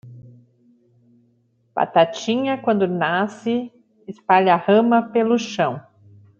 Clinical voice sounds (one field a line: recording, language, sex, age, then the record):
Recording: short text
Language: Brazilian Portuguese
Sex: female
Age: 40 to 49 years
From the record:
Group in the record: control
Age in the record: 43 years